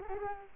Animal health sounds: mosquito wingbeat signal from an infrared sensor; Culex quinquefasciatus

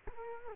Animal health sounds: mosquito wingbeat signal from an infrared sensor; Culex quinquefasciatus

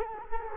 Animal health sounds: mosquito wingbeat signal from an infrared sensor; Culex quinquefasciatus

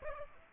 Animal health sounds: mosquito wingbeat signal from an infrared sensor; Aedes aegypti

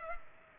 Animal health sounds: mosquito wingbeat signal from an infrared sensor; Culex pipiens

